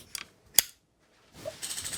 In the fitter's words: can you hear that clicking sound that means the runner has fixed onto the spring